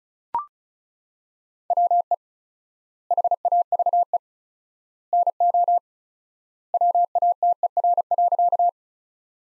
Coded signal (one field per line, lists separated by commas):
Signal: Morse code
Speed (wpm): 36 wpm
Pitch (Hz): 700 Hz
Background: none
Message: WE HAVE NO WATER.